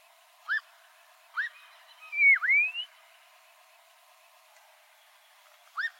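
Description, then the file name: Black-crowned monjita with two rising whistles, a long dipping-and-rising whistle, then silence before another short upslur at the end. "Canto da noivinha coroada"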